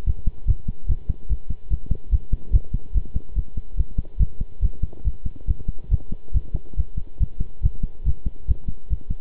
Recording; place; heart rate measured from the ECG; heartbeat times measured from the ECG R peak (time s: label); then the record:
heart sounds by stethoscope; between the tricuspid and mitral areas; 143 bpm
0.06 s: heartbeat
0.47 s: heartbeat
0.88 s: heartbeat
1.29 s: heartbeat
1.70 s: heartbeat
2.11 s: heartbeat
2.53 s: heartbeat
2.94 s: heartbeat
3.35 s: heartbeat
3.77 s: heartbeat
4.19 s: heartbeat
4.62 s: heartbeat
5.04 s: heartbeat
5.47 s: heartbeat
5.91 s: heartbeat
6.34 s: heartbeat
6.77 s: heartbeat
7.20 s: heartbeat
7.63 s: heartbeat
8.05 s: heartbeat
8.48 s: heartbeat
8.90 s: heartbeat
From the record:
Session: pedaling a stationary bicycle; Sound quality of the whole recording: good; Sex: male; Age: 23 years